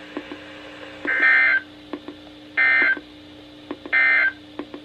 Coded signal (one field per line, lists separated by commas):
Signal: Emergency Alert System (SAME) tones